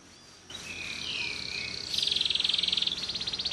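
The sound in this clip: Bird song: a soft wavering high note, then a loud fast rattling trill that continues to the end.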